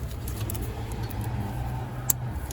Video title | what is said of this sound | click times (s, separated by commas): Changing Spark Plugs on a 2015 Ford F150 platinum edition with a V6 turbo eco boost | Push it all the way in until you hear it click. Now, there | 2.1 s